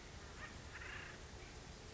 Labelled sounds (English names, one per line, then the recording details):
Acorn Woodpecker
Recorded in Sonoma County, California